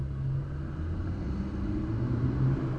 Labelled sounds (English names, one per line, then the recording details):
none
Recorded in Germany
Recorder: ecoPi